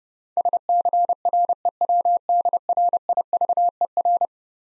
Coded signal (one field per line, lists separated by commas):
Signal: Morse code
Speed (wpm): 30 wpm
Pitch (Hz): 700 Hz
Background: none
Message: SCREWDRIVER